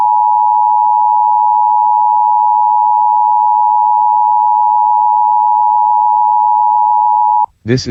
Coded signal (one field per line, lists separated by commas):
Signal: Emergency Alert System (SAME) tones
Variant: 853 and 960 Hz attention tone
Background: speech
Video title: Washington State Required Monthly Test on KIRO-AM EAS #526